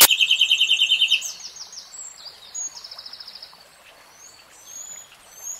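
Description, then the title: Nightingale song opening with a loud, fast trill of even notes that trails into softer, higher twitters and faint background calls. Real-time recording of a nightingale singing. "[Tiếng chim hót] 3 Hours REALTIME Nightingale Singing"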